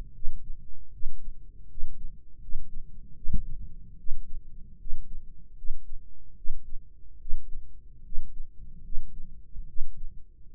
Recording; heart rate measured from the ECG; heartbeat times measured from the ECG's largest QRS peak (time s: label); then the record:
heart sounds by microphone in the right ear; 75 bpm
0.12 s: heartbeat
0.90 s: heartbeat
1.67 s: heartbeat
2.39 s: heartbeat
3.14 s: heartbeat
3.96 s: heartbeat
4.77 s: heartbeat
5.55 s: heartbeat
6.34 s: heartbeat
7.18 s: heartbeat
8.02 s: heartbeat
8.82 s: heartbeat
9.66 s: heartbeat
10.50 s: heartbeat
From the record:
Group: healthy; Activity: rest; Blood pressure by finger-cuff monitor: 129/80 mmHg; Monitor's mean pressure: 96 mmHg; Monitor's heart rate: 76 bpm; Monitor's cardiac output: 6.1 L/min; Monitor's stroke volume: 82 mL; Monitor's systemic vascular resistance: 1160 dyn s/cm5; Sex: male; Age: 21 years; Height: 180 cm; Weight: 67.5 kg